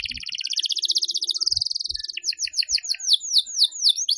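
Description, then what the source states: Atlantic canary singing a long, even, rapid trill that breaks into a run of sweeping, descending slurred notes repeated about four times a second. Recording used as a lure call for bird-trapping.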